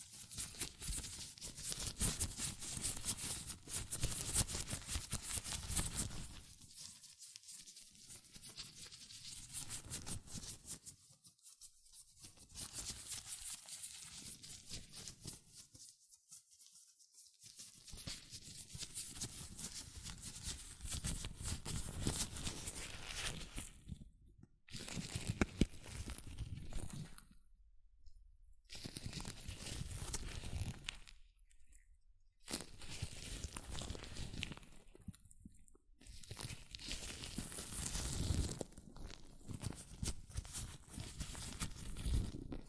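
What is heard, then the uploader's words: Latex gloves rub, snap and crinkle on moving hands in dense bursts, broken by brief silent gaps, most often after twenty-four seconds. ASMR Latex Gloves Hand Sounds (No Talking).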